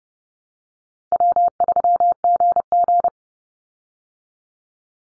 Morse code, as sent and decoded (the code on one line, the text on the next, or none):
.-- ...-- --. --.
W3GG